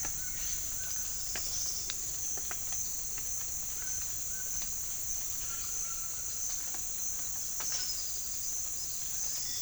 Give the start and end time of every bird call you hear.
[7.60, 8.47] bird call (4.0-5.8 kHz)

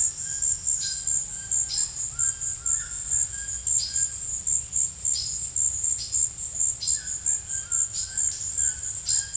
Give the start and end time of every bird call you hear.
[0.00, 4.19] bird call (0.7-5.4 kHz)
[6.87, 9.36] bird call (0.8-5.4 kHz)

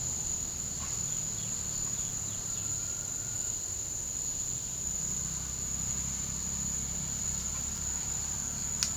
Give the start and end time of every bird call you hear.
[0.92, 2.69] bird call (2.3-5.6 kHz)

